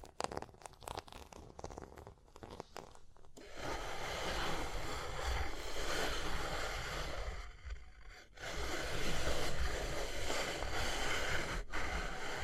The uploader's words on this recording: Tapping and Scratching (No Talking).